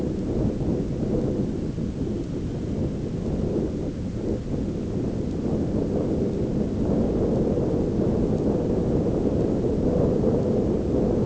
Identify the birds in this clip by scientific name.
Calidris alpina